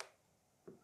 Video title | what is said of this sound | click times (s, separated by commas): Seiko quartz chronograph reset: How to fix misaligned hands (7T62, 7T92, etc.) | okay that was too good just wanna confirm that was two clicks | 0.0 s, 0.7 s